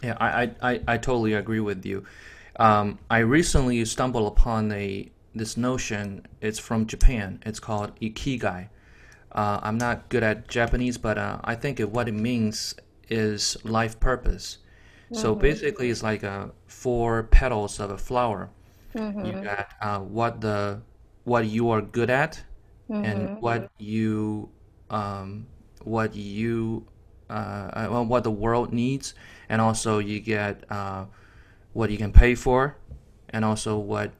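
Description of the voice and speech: A man speaks English at an easy pace, with frequent fillers, drawn-out vowels and a few restarted phrases.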